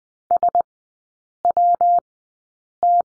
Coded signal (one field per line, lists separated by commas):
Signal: Morse code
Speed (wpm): 20 wpm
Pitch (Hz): 700 Hz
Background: none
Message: SWT